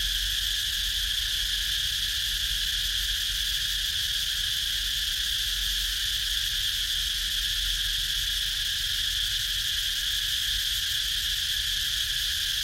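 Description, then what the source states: Insects droning in a continuous chorus, a shrill high-pitched sound in steady bands, even in loudness throughout. Recorded in Ha Giang, Vietnam, at 21h (night).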